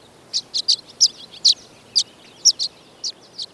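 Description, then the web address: Swallow calls: short high chirps given singly or in quick pairs, over faint background hiss. Swallows perched on wires. "BIRD NOTE. Swallows on Wires"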